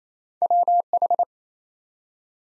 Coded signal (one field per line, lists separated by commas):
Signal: Morse code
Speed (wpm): 28 wpm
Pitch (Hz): 700 Hz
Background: none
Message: WH